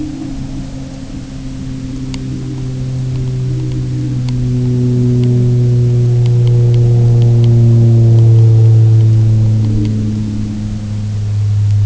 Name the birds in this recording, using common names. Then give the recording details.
none. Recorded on Arctic tundra, site UTQI-0, on 22 June 2018. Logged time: 18:00